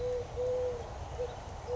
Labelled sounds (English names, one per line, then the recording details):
Eurasian Collared Dove
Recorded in Sonoma County, California